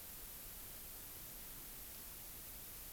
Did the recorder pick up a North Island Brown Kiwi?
no